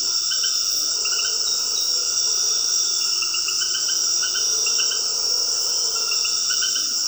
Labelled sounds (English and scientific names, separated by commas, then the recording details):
none
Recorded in dense forest near Puerto Asís, Putumayo, Colombia, on 20 February 2024 at 20:00
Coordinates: 0.481, -76.318
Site G6421